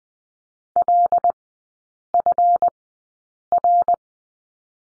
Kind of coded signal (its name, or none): Morse code